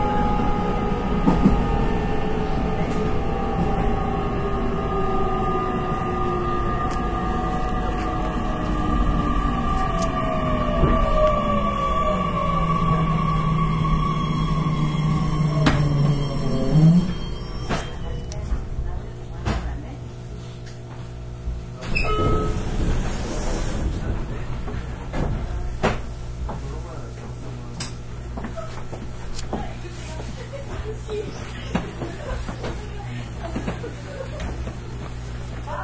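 A local train on the Nippou line hums and whines as it runs, with tones that slide downward through the first sixteen seconds as it slows. A sharp knock comes near seventeen seconds, then a steadier, quieter rumble with scattered clicks and a thump around twenty-two seconds.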